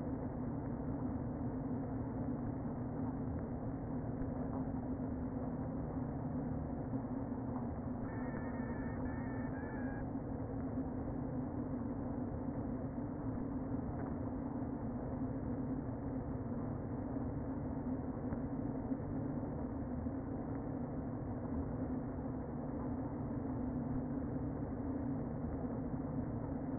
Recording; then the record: honeybee colony, microphone inside the hive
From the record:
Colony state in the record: queen present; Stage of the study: before two queens were removed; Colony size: about 60,000 bees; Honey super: yes